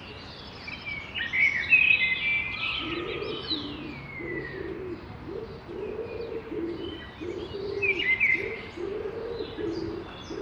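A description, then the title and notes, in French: Birds at dawn around a cathedral square: bright chirps and a falling whistle cluster in the first four seconds, with another burst near eight seconds. From about three seconds on, a pigeon coos low and steadily in a regular pulse over a soft city hum. Aube à Notre-Dame de Paris. Parvis et square Notre-Dame - Binaural - Tête seinnheiser - mkh8020 -Stéréo. Cette prise de son bien matinale à l'écoute des oiseaux habitant le monument. Pigeon ramier, Merle noir, Fauvette à tête noire, Troglodyte mignon (dans le square).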